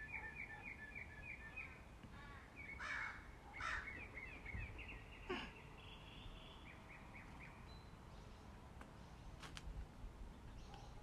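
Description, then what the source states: Birds chirping: quick series of short high chirps and trills, broken by a couple of harsh caws and scattered twitters against steady low background noise. Birds singing in the morning.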